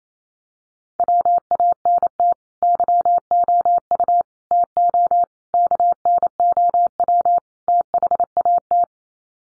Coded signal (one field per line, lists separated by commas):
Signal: Morse code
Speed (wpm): 28 wpm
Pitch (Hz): 700 Hz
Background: none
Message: WANT YOU TO KNOW THAT